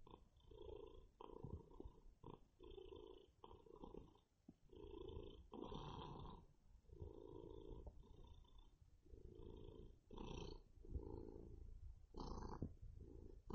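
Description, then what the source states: Cat purring, a low rumbling purr in steady pulses with each breath in and out. Tomcat named Blacky, purring.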